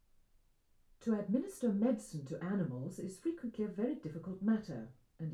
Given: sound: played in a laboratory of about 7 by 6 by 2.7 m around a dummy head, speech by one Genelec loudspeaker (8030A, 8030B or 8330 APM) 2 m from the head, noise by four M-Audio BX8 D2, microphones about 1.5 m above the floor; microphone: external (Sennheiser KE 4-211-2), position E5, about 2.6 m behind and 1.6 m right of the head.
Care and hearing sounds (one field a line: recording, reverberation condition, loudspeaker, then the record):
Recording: female speech in English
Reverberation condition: low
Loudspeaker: 150 degrees to the right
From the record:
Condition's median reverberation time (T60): about 310 ms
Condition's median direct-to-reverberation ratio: about 3.5 dB